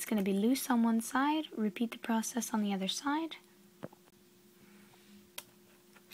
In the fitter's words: and just like like that you have your key released from the clasp